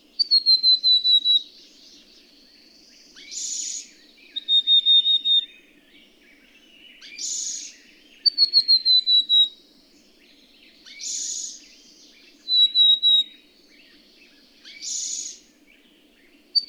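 Bird song repeating steadily: quick trains of pure, slightly descending high whistles alternate with brief scratchy noise bursts every few seconds, over soft background chirping.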